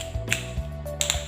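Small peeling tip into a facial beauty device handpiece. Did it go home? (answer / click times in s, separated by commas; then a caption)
yes / 1.0 s. The smaller-diameter peeling applicator tip for the nose area is pressed onto the handpiece of a facial beauty device and seats with a sharp click at 1.0 s. A fainter tap comes at 0.3 s and another just after the click at 1.1 s, over a steady low tone.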